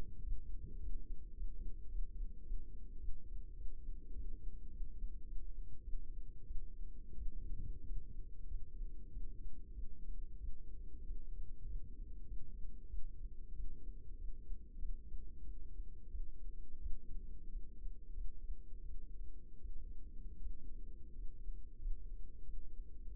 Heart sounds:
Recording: heart sounds by microphone in the left ear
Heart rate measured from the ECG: 95 bpm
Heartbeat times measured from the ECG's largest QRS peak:
0.20 s: heartbeat
0.77 s: heartbeat
1.32 s: heartbeat
1.86 s: heartbeat
2.41 s: heartbeat
2.96 s: heartbeat
3.53 s: heartbeat
4.12 s: heartbeat
4.68 s: heartbeat
5.23 s: heartbeat
5.81 s: heartbeat
6.43 s: heartbeat
7.14 s: heartbeat
7.83 s: heartbeat
8.45 s: heartbeat
9.08 s: heartbeat
9.71 s: heartbeat
10.37 s: heartbeat
11.02 s: heartbeat
11.63 s: heartbeat
12.24 s: heartbeat
12.86 s: heartbeat
13.52 s: heartbeat
14.15 s: heartbeat
14.76 s: heartbeat
15.41 s: heartbeat
16.08 s: heartbeat
16.78 s: heartbeat
17.47 s: heartbeat
18.12 s: heartbeat
18.82 s: heartbeat
19.58 s: heartbeat
20.38 s: heartbeat
21.11 s: heartbeat
21.76 s: heartbeat
22.40 s: heartbeat
23.04 s: heartbeat
From the record:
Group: healthy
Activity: rest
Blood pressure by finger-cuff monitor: 134/91 mmHg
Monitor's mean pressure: 104 mmHg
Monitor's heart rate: 95 bpm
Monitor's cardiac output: 6.8 L/min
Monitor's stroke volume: 71 mL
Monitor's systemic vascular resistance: 1140 dyn s/cm5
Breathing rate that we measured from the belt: 18 breaths a minute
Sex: male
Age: 21 years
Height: 180 cm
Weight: 67.5 kg

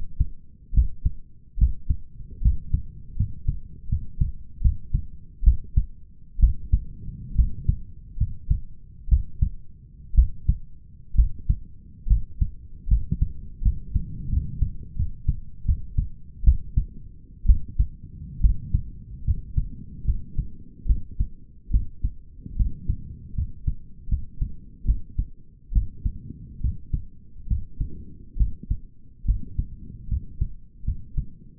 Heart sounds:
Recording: heart sounds by stethoscope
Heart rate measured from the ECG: 72 bpm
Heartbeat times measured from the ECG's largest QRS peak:
0.74 s: heartbeat
1.58 s: heartbeat
2.42 s: heartbeat
3.17 s: heartbeat
3.89 s: heartbeat
4.62 s: heartbeat
5.44 s: heartbeat
6.40 s: heartbeat
7.35 s: heartbeat
8.18 s: heartbeat
9.08 s: heartbeat
10.15 s: heartbeat
11.15 s: heartbeat
12.07 s: heartbeat
12.88 s: heartbeat
13.62 s: heartbeat
14.29 s: heartbeat
14.96 s: heartbeat
15.65 s: heartbeat
16.44 s: heartbeat
17.46 s: heartbeat
18.41 s: heartbeat
19.24 s: heartbeat
20.05 s: heartbeat
20.86 s: heartbeat
21.71 s: heartbeat
22.56 s: heartbeat
23.35 s: heartbeat
24.08 s: heartbeat
24.85 s: heartbeat
25.72 s: heartbeat
26.60 s: heartbeat
27.47 s: heartbeat
28.37 s: heartbeat
29.25 s: heartbeat
30.08 s: heartbeat
30.84 s: heartbeat
From the record:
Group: healthy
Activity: rest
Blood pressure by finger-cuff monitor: 107/73 mmHg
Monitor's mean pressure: 80 mmHg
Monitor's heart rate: 71 bpm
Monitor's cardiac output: 5.6 L/min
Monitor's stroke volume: 76 mL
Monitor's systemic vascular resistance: 1040 dyn s/cm5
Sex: male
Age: 21 years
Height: 170 cm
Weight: 71 kg

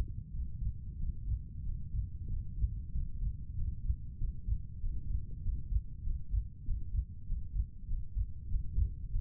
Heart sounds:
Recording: heart sounds by stethoscope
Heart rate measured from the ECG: 95 bpm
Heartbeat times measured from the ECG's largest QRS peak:
0.30 s: heartbeat
0.97 s: heartbeat
1.62 s: heartbeat
2.27 s: heartbeat
2.91 s: heartbeat
3.54 s: heartbeat
4.17 s: heartbeat
4.79 s: heartbeat
5.41 s: heartbeat
6.02 s: heartbeat
6.64 s: heartbeat
7.25 s: heartbeat
7.87 s: heartbeat
8.48 s: heartbeat
9.10 s: heartbeat
From the record:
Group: healthy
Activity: Valsalva maneuver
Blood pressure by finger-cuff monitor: 82/62 mmHg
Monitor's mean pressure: 66 mmHg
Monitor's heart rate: 96 bpm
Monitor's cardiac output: 6.2 L/min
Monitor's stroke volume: 66 mL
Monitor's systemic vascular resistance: 740 dyn s/cm5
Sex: male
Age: 35 years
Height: 180 cm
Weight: 86.9 kg

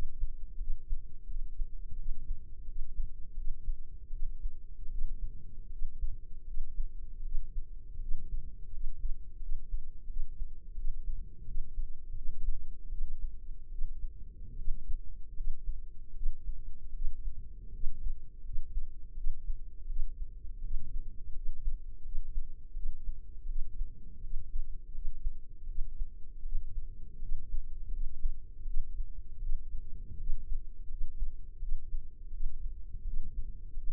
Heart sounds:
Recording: heart sounds by microphone in the left ear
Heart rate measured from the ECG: 81 bpm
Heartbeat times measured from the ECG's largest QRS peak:
0.55 s: heartbeat
1.24 s: heartbeat
1.94 s: heartbeat
2.63 s: heartbeat
3.32 s: heartbeat
4.08 s: heartbeat
4.86 s: heartbeat
5.67 s: heartbeat
6.42 s: heartbeat
7.20 s: heartbeat
7.96 s: heartbeat
8.68 s: heartbeat
9.37 s: heartbeat
10.04 s: heartbeat
10.72 s: heartbeat
11.42 s: heartbeat
12.12 s: heartbeat
12.87 s: heartbeat
13.67 s: heartbeat
14.53 s: heartbeat
15.32 s: heartbeat
16.11 s: heartbeat
16.90 s: heartbeat
17.69 s: heartbeat
18.40 s: heartbeat
19.12 s: heartbeat
19.84 s: heartbeat
20.59 s: heartbeat
21.31 s: heartbeat
22.00 s: heartbeat
22.71 s: heartbeat
23.44 s: heartbeat
24.19 s: heartbeat
24.90 s: heartbeat
25.64 s: heartbeat
26.40 s: heartbeat
27.17 s: heartbeat
27.88 s: heartbeat
28.63 s: heartbeat
29.37 s: heartbeat
30.15 s: heartbeat
30.86 s: heartbeat
31.57 s: heartbeat
32.28 s: heartbeat
33.02 s: heartbeat
33.72 s: heartbeat
From the record:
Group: healthy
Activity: rest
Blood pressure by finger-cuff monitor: 117/87 mmHg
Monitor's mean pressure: 100 mmHg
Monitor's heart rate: 81 bpm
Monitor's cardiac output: 6.4 L/min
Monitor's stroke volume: 79 mL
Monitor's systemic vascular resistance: 1150 dyn s/cm5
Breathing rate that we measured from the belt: 19 breaths a minute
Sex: female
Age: 23 years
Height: 160 cm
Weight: 50.4 kg

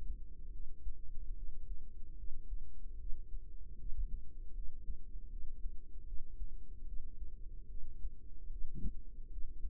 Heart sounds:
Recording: heart sounds by microphone in the right ear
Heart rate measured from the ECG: 75 bpm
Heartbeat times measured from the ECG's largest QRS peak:
0.50 s: heartbeat
1.34 s: heartbeat
2.16 s: heartbeat
2.97 s: heartbeat
3.77 s: heartbeat
4.53 s: heartbeat
5.29 s: heartbeat
6.04 s: heartbeat
6.84 s: heartbeat
7.67 s: heartbeat
8.49 s: heartbeat
9.29 s: heartbeat
From the record:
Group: healthy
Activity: cold pressor test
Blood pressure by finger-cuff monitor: 117/46 mmHg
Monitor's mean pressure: 75 mmHg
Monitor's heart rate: 76 bpm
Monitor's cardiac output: 10.4 L/min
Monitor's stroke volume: 141 mL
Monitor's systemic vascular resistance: 490 dyn s/cm5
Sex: female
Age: 32 years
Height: 168 cm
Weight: 61.9 kg

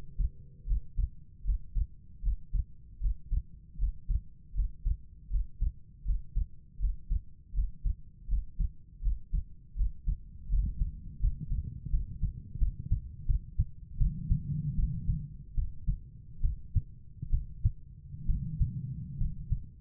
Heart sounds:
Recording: heart sounds by stethoscope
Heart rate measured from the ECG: 78 bpm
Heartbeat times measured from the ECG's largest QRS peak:
0.65 s: heartbeat
1.43 s: heartbeat
2.21 s: heartbeat
2.99 s: heartbeat
3.77 s: heartbeat
4.53 s: heartbeat
5.29 s: heartbeat
6.04 s: heartbeat
6.78 s: heartbeat
7.52 s: heartbeat
8.27 s: heartbeat
9.01 s: heartbeat
9.75 s: heartbeat
10.48 s: heartbeat
11.19 s: heartbeat
11.89 s: heartbeat
12.57 s: heartbeat
13.25 s: heartbeat
13.97 s: heartbeat
14.75 s: heartbeat
15.54 s: heartbeat
16.40 s: heartbeat
17.30 s: heartbeat
18.26 s: heartbeat
19.17 s: heartbeat
From the record:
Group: healthy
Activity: Valsalva maneuver 0-11 s, rest 11-20 s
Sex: female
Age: 32 years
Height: 172 cm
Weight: 71.7 kg

